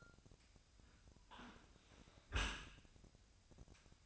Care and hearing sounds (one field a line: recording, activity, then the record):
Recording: daily activity, microphone in the room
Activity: close dishwasher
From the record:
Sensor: 2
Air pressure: 1002.9 hPa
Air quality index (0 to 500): 200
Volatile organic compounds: 6 ppm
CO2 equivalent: 1897 ppm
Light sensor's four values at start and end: 23/56/24/27 and 23/56/24/27